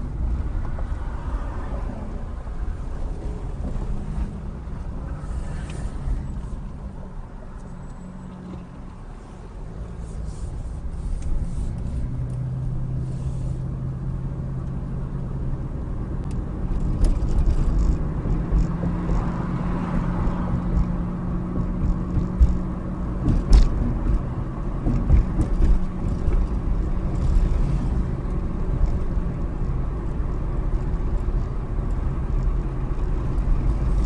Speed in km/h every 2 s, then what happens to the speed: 13, 10, 11, 0, 6, 15, 21, 27, 34, 40, 39, 40, 42, 44, 44, 45, 47.
4-6 brakes to 0. 7-34 pulls away to 47.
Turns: 0-4, 7-12.